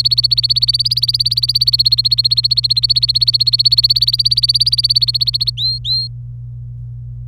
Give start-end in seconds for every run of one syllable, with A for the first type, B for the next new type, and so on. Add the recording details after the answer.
0.00-5.50 A, 5.57-6.07 B. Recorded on 26 April 2018 at 11:39. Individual llb3